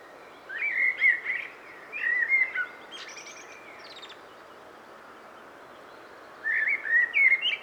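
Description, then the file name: Common blackbird with two warbling, mellow whistled phrases followed by high squeaky twittering notes, a long pause, then another fluty phrase near the end. "Turdus merula"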